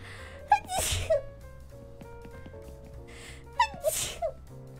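Two sneezes, each a sharp inhaled catch then a hissy burst, over a steady background hum.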